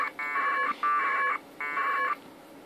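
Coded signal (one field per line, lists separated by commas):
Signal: packet radio (AX.25, as in APRS)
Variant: 1200 baud AFSK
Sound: three short raspy warbling data bursts, each about half a second, separated by gaps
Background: faint background hiss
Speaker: then my radio is sending out ping package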